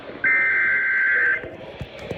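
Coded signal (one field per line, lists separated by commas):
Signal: Emergency Alert System (SAME) tones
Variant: header bursts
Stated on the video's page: Alert tones from a particularly dangerous situation tornado watch.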